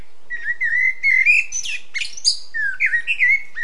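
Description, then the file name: Common blackbird song: rich, low fluted whistles sliding up and down, broken by squeaky high twitters, then another mellow warbled phrase. "Turdus merula"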